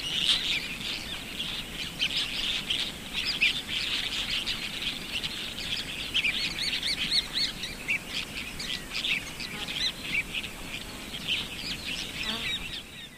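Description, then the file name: African river martin calls: a dense, continuous chatter of high, short chirps and twitters, with steady background hiss throughout. "pseudochelidon eurystomina"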